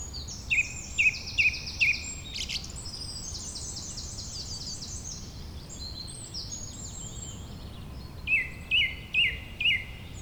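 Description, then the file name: Bird song: a run of four short bright chirped notes over busy high twittering, a pause, then another run of four chirps. "beautiful Birdsong"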